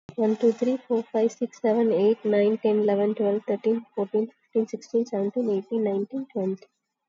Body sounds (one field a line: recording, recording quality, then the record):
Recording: counting at a normal pace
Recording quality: excellent, no background noise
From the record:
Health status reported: COVID-19 positive, moderate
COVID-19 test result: positive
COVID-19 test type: RT-PCR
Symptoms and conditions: cough, cold, sore throat, fever, fatigue, muscle pain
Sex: female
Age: 30 years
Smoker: no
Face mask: worn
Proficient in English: yes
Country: India